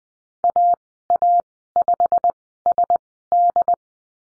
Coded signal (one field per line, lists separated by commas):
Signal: Morse code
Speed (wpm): 20 wpm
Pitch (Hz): 700 Hz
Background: none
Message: AA5SD